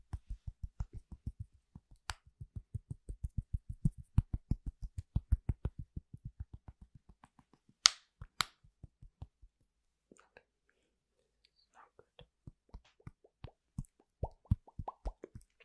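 Sounds of simple household objects: a fast, regular run of low tapping clicks fills the first eight seconds, slowing as it goes. Two sharp, bright cracks land near eight seconds, then scattered knocks and taps return, sparse at first and picking up toward the end.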